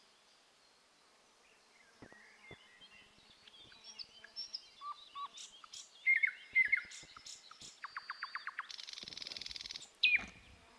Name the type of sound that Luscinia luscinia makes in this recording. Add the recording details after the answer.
song. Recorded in the wild. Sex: male. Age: adult. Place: Wizna, Lomzynski Park Krajobrazowy Doliny Narwi, Podlaskie Voivodeship, PL. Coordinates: 53.1844, 22.4117. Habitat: shrubland. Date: 2016-05-27 09:10. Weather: clear sky, light breeze. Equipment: Marantz PMD660 recorder, Sennheiser ME67 directional microphone. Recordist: Souriau, Abel